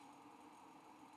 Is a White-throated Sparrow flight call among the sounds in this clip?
no